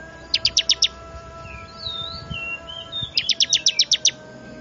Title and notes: Suara Pikat Burcil Ribut Paling Ampuh Ngabisin Burung Liar Ini. ciblek